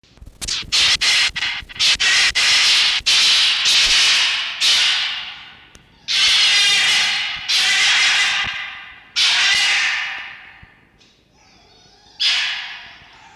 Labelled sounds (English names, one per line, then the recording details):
Red Fox
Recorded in captivity
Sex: diverse
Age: diverse
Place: Zoologisches Institut der HUB, Berlin, DE
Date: 1952-11-12 18:00
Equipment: Elmetra
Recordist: Tembrock, Günter
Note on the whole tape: Mucki: Pfau-Schrei (I, II, III); Toni: Angstwinseln